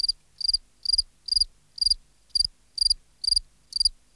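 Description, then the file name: Field cricket chirps: loud, high and buzzy-pulsed, coming about two per second in an even beat, with a single dull click during one of them. "Gryllus campestris"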